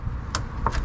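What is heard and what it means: A plastic fuel hose quick-connect with green locking tabs is pushed onto the fuel filter fitting on a Mustang, with the tabs locked to prevent a fuel leak. Two sharp clicks sound at 0.4 s and 0.7 s over a steady low background hum. The connector is seated, with its tabs locked onto the fitting.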